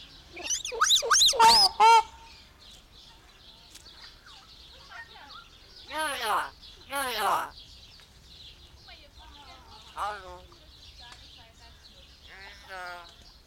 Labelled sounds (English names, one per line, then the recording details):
Common Hill Myna
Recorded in captivity
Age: adult
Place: Zoo Berlin, Berlin, DE
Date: 1992-06-20 12:03
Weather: wolkig-heiter, 20-24°C
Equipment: Marantz CP 430, Sennheiser ME 80, Kopie Tesla B 116
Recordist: Tembrock, Günter